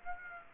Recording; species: mosquito wingbeat signal from an infrared sensor; Aedes aegypti